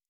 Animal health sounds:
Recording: hydrophone in a shrimp aquaculture tank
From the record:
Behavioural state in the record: normal

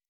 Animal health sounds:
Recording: hydrophone in a shrimp aquaculture tank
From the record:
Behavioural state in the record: weakened

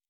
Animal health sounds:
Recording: hydrophone in a shrimp aquaculture tank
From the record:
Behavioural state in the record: normal

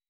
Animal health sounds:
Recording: hydrophone in a shrimp aquaculture tank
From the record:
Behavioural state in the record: weakened

